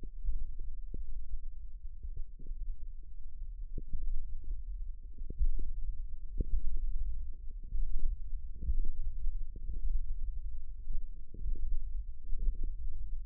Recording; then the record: forearm muscle sounds (acoustic myography)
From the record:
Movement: tripod grip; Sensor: system 1, eight BSWA MPA416 microphones around the upper forearm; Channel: 6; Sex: female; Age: 20 years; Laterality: right